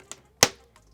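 A clear plastic bottom panel is laid flat on the assembled side walls of a modular Kicks & Co sneaker storage box and pressed down so its grooves snap onto the wall edges. A faint tick comes at 0.1 s, then a sharp, loud snap at 0.4 s, followed by a soft sound near 0.8 s. The panel seats into the grooves with the snap at 0.4 s.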